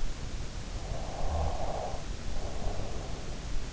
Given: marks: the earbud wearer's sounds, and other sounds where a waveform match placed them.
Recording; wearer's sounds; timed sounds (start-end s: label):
sounds in sleep by an in-ear microphone; breath
0.76-3.55 s: breath